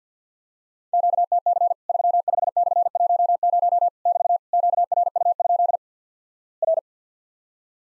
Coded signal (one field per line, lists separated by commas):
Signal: Morse code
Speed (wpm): 47 wpm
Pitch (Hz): 700 Hz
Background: none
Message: QTC 35/10 <BT> QRU? R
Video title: Worked All Europe DX Contest QTC Exchange 50wpm